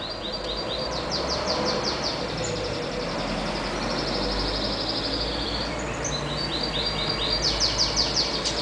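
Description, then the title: Double-collared seedeater: several bursts of rapid, high, down-sweeping notes separated by brief pauses, with a steady low background rumble. "Canto Coleiro"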